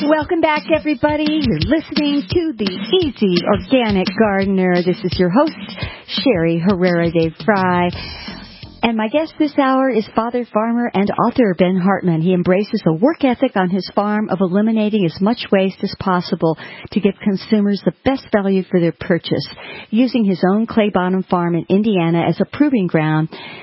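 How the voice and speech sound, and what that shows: A woman, the host of the Easy Organic Gardener radio show, speaks fluently and clearly in a warm, moderately pitched voice with lively intonation and short natural pauses as she introduces a guest. Her voice quality and speech rhythm are ordinary, with no hoarseness, breathiness or disfluency.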